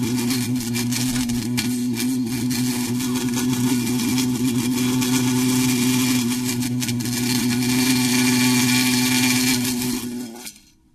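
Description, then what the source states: Bee buzzing, a steady low droning hum with strong layered harmonics, unbroken for about ten seconds before stopping abruptly. Bee buzzing inside a jar.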